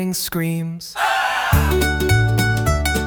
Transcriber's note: gargled chaotic scream